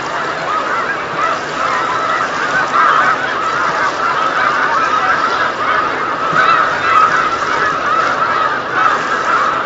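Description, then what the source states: Snow Goose: snow geese calling en masse, a continuous babble of nasal honks, with no other sounds clearly audible. Flock of snow geese on Lake Champlain, November 2018.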